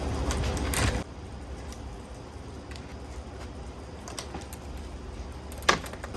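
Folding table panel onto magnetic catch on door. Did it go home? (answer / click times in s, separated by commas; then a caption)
yes / 5.7 s. A folding table panel mounted on a hinged door is swung closed and held shut by thin cabinet magnets, so it stays put while driving. After a burst of handling noise in the first second and a faint tick around 4.2 s, the table snaps sharply against the magnetic catch at 5.7 s and is seated in place.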